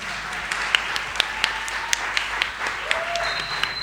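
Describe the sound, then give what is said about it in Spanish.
A canned audience applause effect, played as the recurring sound of the radio show La Tercera Mano during its live 100th broadcast: a dense wash of many hands clapping at a steady, even level, with a few sharper individual claps popping out of the crowd noise. “No, esto de los aplausos es sensacional.”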